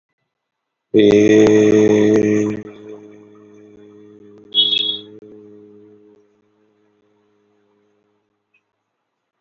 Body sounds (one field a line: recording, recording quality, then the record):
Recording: sustained vowel as in made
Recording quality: excellent, no background noise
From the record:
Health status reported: healthy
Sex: male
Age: 41 years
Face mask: not worn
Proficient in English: yes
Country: India